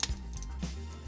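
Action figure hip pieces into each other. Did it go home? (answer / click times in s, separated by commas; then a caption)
no / none. Two yellow plastic hip (crotch) parts of a Transformers action figure, which will hold the legs in place, are handled as they are pushed toward each other, with sharp plastic ticks at 0.0 s and 0.4 s over soft background music. Nothing has snapped or seated yet.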